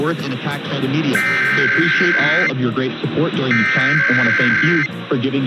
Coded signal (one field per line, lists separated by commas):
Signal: Emergency Alert System (SAME) tones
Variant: header bursts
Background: speech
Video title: St Patrick Day Weekend Tests (EAS #16870-16875) 3/16-17/24